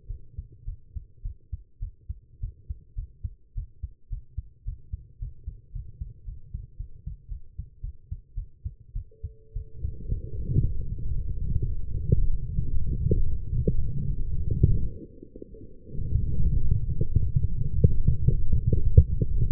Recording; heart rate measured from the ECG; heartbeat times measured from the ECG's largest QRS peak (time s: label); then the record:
heart sounds by stethoscope; 112 bpm
0.07 s: heartbeat
0.65 s: heartbeat
1.22 s: heartbeat
1.79 s: heartbeat
2.40 s: heartbeat
2.95 s: heartbeat
3.54 s: heartbeat
4.09 s: heartbeat
4.65 s: heartbeat
5.19 s: heartbeat
5.72 s: heartbeat
6.25 s: heartbeat
6.77 s: heartbeat
7.29 s: heartbeat
7.81 s: heartbeat
8.35 s: heartbeat
8.93 s: heartbeat
9.53 s: heartbeat
10.09 s: heartbeat
10.62 s: heartbeat
11.14 s: heartbeat
11.67 s: heartbeat
12.19 s: heartbeat
12.71 s: heartbeat
13.23 s: heartbeat
13.76 s: heartbeat
14.28 s: heartbeat
14.80 s: heartbeat
15.34 s: heartbeat
15.87 s: heartbeat
16.37 s: heartbeat
16.87 s: heartbeat
17.37 s: heartbeat
17.86 s: heartbeat
18.35 s: heartbeat
18.83 s: heartbeat
19.32 s: heartbeat
From the record:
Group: healthy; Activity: rest 0-7 s, light exercise 7-20 s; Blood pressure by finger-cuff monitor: 126/85 mmHg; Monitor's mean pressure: 105 mmHg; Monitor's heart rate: 110 bpm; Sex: female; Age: 19 years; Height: 163 cm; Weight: 51 kg